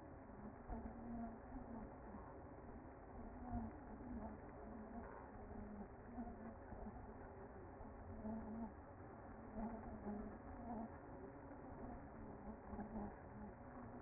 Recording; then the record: honeybee colony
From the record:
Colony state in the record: active